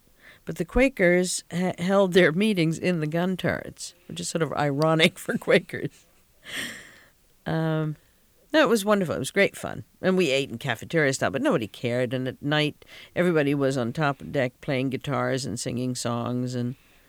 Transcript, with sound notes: But the Quakers held their meetings in the gun turrets, which is sort of ironic for Quakers. ( she laughs ) So it was wonderful, it was great fun. And we ate cafeteria style, but nobody cared, and at night everybody was on top deck playing guitars and singing songs and,